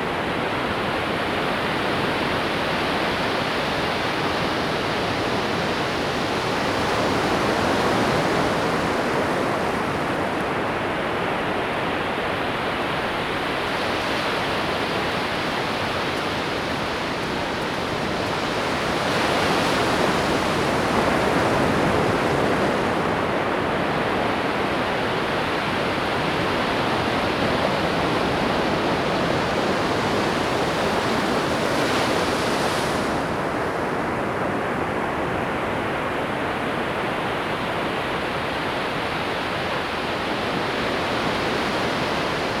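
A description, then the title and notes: Waves roll in at a beach in Florida, a dense, steady wash of surf with no quiet gaps. Slightly louder swells rise around 8, 20 and 32 seconds, each breaking into a brighter hiss before settling back into the constant roar. Waves of Florida. This audio clip is from Jupiter beach in Florida.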